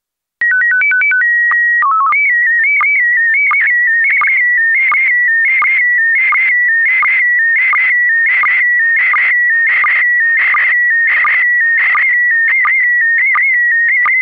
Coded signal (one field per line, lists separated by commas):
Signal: SSTV (slow-scan television)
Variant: PD 90